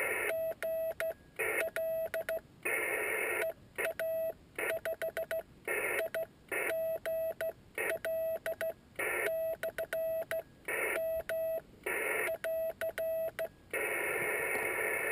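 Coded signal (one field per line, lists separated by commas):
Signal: Morse code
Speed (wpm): 14 wpm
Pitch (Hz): 650 Hz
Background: radio noise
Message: GL EA5I GL /M <AR>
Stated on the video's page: QRP CW contact on 21 MHz at 4 W, sent with a homemade vertical straight key on a Yaesu 817ND with an MFJ antenna and 500 Hz Collins filter.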